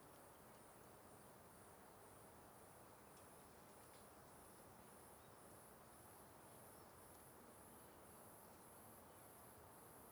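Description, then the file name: Cricket: very high pulsed chirps repeat in an even rhythm over a broad, steady hiss. Start of the Simão Correa trail, alongside a river, with crickets. "Ambiencia Inicio Trilha Simao Correa Beirando o Rio com Grilos e Cigarras"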